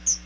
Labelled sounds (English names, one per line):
Chestnut-sided Warbler flight call